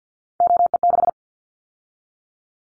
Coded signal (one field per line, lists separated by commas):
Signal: Morse code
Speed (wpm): 50 wpm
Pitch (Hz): 700 Hz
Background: none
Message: OE6